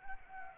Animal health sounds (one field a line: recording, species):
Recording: mosquito wingbeat signal from an infrared sensor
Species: Anopheles arabiensis